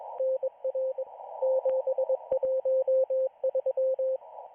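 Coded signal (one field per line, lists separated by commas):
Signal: Morse code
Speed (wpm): 22 wpm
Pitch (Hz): 520 Hz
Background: radio noise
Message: NR 713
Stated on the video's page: Israeli Navy radio station broadcasting daily Morse radiograms to its correspondents on the 40-meter band.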